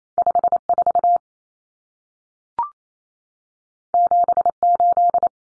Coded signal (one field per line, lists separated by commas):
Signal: Morse code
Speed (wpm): 28 wpm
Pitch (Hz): 700 Hz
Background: none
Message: 54 78